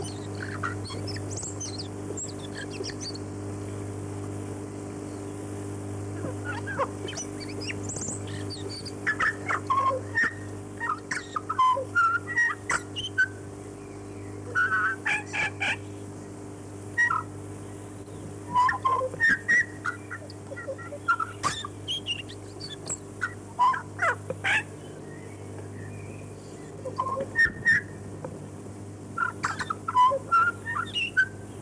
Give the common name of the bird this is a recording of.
Tūī